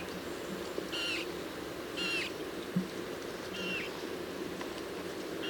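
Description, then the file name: Eurasian bullfinch uttering a few soft, downward-curving piped notes, against constant hissing background noise. "Pyrrhula pyrrhula"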